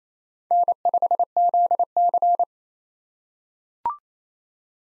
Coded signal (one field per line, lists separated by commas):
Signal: Morse code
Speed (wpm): 28 wpm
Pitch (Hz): 700 Hz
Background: none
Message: N5ZC